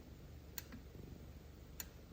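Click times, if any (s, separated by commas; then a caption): 0.6 s, 1.8 s. A new kick start lever with a new spring and small detent ball on the kick shaft of a 1999 Yamaha Blaster ATV engine is moved by hand until the ball snaps into its detent. Sharp, bright clicks sound at 0.6 s and 1.8 s, with a fainter tick just after the first, over a low steady hum. The lever is seated, held in place by the detent so it does not fly out while riding.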